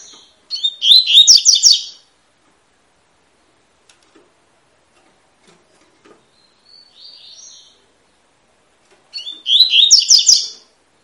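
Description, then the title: Double-collared seedeater repeating a short, buzzy, twittering phrase twice, about eight seconds apart, with a faint soft note between them. Tui-tui song style of fibra-quality bird, used as a teacher song for training young birds. "COLEIRO TUI TUI FIBRA"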